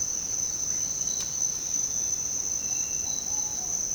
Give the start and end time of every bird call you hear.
[2.98, 3.76] bird call

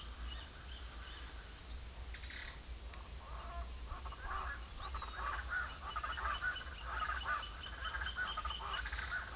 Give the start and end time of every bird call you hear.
[3.40, 9.36] bird call

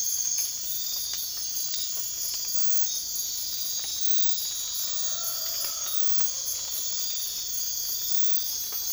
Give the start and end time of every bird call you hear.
[4.89, 6.54] bird call

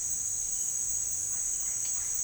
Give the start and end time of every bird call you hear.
[1.22, 2.23] bird call

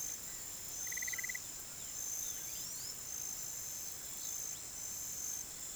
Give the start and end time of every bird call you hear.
[0.84, 1.62] bird call

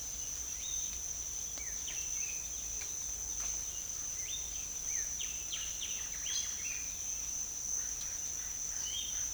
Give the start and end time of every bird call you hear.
[0.29, 7.12] bird call
[7.53, 9.34] bird call

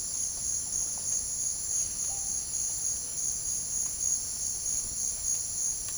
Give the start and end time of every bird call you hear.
[2.00, 2.60] bird call

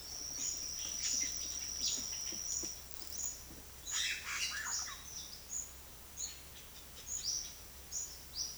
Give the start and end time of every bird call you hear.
[0.38, 2.39] bird call
[3.88, 5.45] bird call
[6.17, 7.61] bird call

